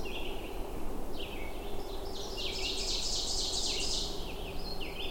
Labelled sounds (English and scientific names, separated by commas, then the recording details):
Ovenbird (Seiurus aurocapilla) song
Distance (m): 15 m
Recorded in boreal forest in Alberta, Canada, on 21 June 2016 at 08:10
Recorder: SongMeter 3, array SBT-6-76
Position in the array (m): 139 m, -13 m
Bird 2